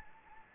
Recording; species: mosquito wingbeat signal from an infrared sensor; Anopheles gambiae